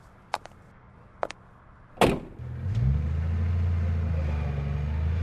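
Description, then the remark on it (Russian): A limousine stopping at an embassy: its door clicks twice in quick pairs, then a heavy door thud lands as a man gets out, followed by a steady low engine rumble that settles and continues to the end. No one speaks. “Лимузин остановился, и Торн вышел из него.”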